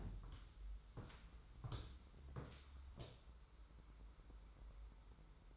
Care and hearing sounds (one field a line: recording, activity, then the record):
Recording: daily activity, microphone in the room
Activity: walk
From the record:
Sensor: 3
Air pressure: 994.4 hPa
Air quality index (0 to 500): 202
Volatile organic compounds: 1000 ppm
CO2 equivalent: 6710 ppm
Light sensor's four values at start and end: 92/212/87/81 and 106/247/101/94